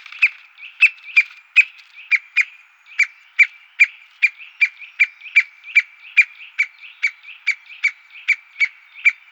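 White-backed woodpecker uttering short, sharp, high call notes repeated steadily a little faster than twice per second throughout.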